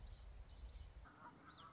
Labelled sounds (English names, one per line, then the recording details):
Common Yellowthroat
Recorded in Sonoma County, California